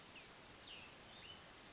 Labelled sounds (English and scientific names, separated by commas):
Cassin's Vireo (Vireo cassinii)